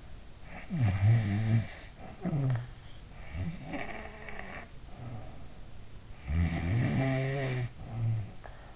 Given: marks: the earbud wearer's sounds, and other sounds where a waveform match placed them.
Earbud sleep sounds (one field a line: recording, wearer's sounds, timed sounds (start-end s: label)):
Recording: sounds in sleep by an in-ear microphone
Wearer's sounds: snoring breath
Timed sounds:
0.00-5.54 s: snoring breath
6.11-8.62 s: snoring breath